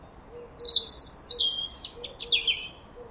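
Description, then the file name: European robin song, a bright rush of high warbled notes and rapid descending trills, loud and clear. "Erithacus rubecula"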